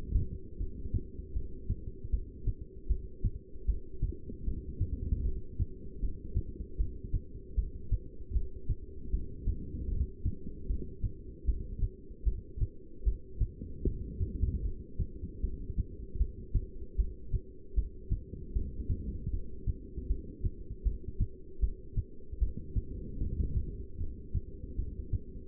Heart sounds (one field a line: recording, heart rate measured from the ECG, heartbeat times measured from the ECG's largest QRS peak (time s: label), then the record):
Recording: heart sounds by stethoscope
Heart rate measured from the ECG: 77 bpm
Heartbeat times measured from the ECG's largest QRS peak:
0.59 s: heartbeat
1.34 s: heartbeat
2.11 s: heartbeat
2.88 s: heartbeat
3.67 s: heartbeat
4.45 s: heartbeat
5.24 s: heartbeat
6.01 s: heartbeat
6.78 s: heartbeat
7.56 s: heartbeat
8.33 s: heartbeat
9.12 s: heartbeat
9.90 s: heartbeat
10.68 s: heartbeat
11.46 s: heartbeat
12.25 s: heartbeat
13.05 s: heartbeat
13.85 s: heartbeat
14.64 s: heartbeat
15.42 s: heartbeat
16.18 s: heartbeat
16.97 s: heartbeat
17.75 s: heartbeat
18.54 s: heartbeat
19.32 s: heartbeat
20.08 s: heartbeat
20.84 s: heartbeat
21.61 s: heartbeat
22.40 s: heartbeat
23.19 s: heartbeat
23.99 s: heartbeat
24.77 s: heartbeat
From the record:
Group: heart failure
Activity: rest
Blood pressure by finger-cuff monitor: 166/104 mmHg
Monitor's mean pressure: 125 mmHg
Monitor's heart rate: 77 bpm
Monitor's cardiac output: 8.1 L/min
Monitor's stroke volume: 105 mL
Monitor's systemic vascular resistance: 1170 dyn s/cm5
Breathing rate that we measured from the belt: 13 breaths a minute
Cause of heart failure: non-ischemic cardiomyopathy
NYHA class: 1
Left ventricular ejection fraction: 62%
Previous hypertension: present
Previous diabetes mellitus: present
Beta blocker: bisoprolol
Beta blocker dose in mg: 10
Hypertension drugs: sacubitril-valsartan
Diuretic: furosemide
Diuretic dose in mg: 20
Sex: male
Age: 49 years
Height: 167 cm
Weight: 110 kg